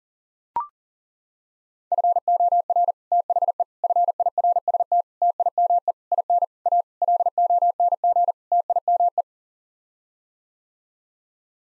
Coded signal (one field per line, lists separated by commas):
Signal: Morse code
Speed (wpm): 37 wpm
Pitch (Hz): 700 Hz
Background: none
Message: FOR THE FIRST TIME IN A LONG TIME